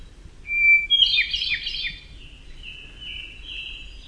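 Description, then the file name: Hermit thrush song: a long pure whistle rising into a rich, swirling flute-like flourish, trailing off in softer warbled notes. "HETH song"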